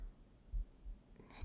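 Soft, muffled low thumps in quick succession: a fast, pounding heartbeat heard close against the chest of an adult woman, racing from embarrassment and excitement.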